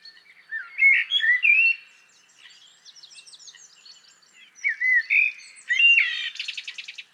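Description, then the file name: Common blackbird singing two phrases of mellow fluted warbling, the second ending in a high, squeaky twittering flourish. "Turdus merula"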